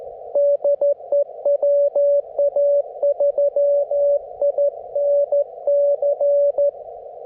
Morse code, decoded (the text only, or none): DE WA3INC